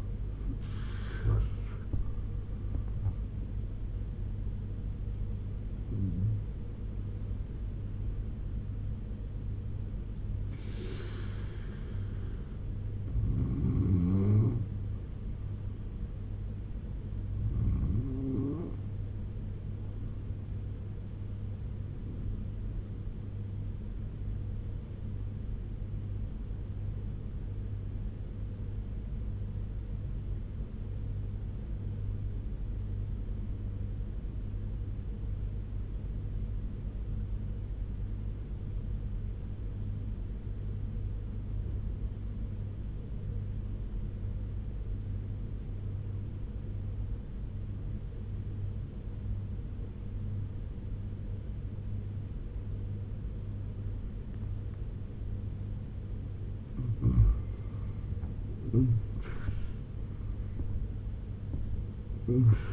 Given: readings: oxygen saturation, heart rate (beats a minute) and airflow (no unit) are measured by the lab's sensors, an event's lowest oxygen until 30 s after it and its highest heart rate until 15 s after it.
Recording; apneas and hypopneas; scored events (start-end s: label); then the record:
breathing in sleep by a smartphone at the bedside; 1
27.00-54.80 s: obstructive apnea (N2, oxygen 96% highest, then 85% lowest, heart rate 72 at the start, 90 highest)
54.00-62.73 s: new sleep stage, N1 (lightest sleep)
From the record:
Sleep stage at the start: N2 (light sleep); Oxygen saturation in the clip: 87 to 96%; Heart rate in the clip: 71 to 90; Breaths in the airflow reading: 6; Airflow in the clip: -11.8 to 12.2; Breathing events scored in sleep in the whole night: 201 in 6.5 hours asleep